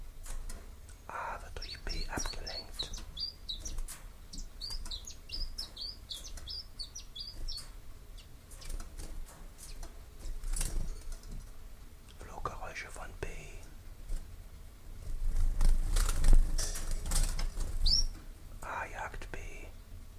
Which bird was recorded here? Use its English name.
Common Chiffchaff